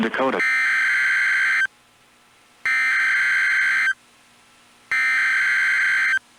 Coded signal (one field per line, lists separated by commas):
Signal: Emergency Alert System (SAME) tones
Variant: header bursts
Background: speech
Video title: EAS Timeline Early March Twin Cities Tornadoes NOAA Weather Radio KEC65/KSTP-FM (KS95)